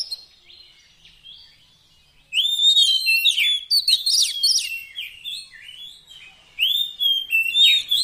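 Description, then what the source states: Oriental magpie-robin song, a quiet start then loud bursts of varied, rich whistles and sharp chirps, with rising and falling notes and short pauses between phrases. Magpie-robin 'isian' fill-in song, used to make a kept bird sing actively day and night.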